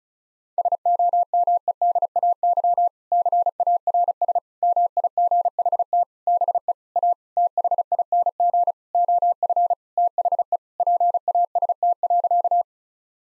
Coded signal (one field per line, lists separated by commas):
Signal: Morse code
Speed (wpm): 34 wpm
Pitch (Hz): 700 Hz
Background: none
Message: SOMEDAY CARS MIGHT BE A THING OF THE PAST.